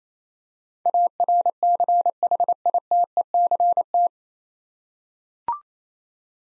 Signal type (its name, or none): Morse code